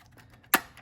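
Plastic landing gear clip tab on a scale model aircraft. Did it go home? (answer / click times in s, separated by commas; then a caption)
yes / 0.5 s. On a 1:18-scale plastic MiG-15bis model jet by 21st Century Toys, a small plastic landing-gear clip tab by the front wheel doors is lifted and the part is pushed home. After faint soft ticks, one sharp plastic snap rings out at 0.5 s. The clip snaps into place and is seated.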